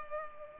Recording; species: mosquito wingbeat signal from an infrared sensor; Culex pipiens